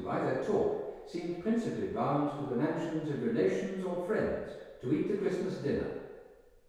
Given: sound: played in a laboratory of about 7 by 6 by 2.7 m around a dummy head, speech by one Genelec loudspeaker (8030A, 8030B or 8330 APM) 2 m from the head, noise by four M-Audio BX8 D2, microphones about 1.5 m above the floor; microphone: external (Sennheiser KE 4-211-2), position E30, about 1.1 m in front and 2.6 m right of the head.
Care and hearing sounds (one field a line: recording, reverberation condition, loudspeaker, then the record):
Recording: male speech in English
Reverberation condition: high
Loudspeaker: 120 degrees to the right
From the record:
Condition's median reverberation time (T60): about 1300 ms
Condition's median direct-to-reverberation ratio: about -4.0 dB